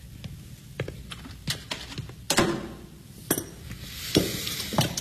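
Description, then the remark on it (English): Shelves being worked on: irregular clanks, knocks and clinks of hard objects set down and shifted, a few sharper bangs among lighter taps, with soft scraping between and no talking. “I'm probably going to be making a lot of noise with these shelves.”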